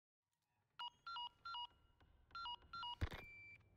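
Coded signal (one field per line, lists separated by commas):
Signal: none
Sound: game's warning beeps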